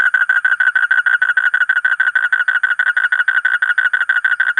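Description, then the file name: Asian common toad trilling with evenly spaced buzzy pulses in a steady, uninterrupted series. "suara kodok bangkong kolong kodok buduk"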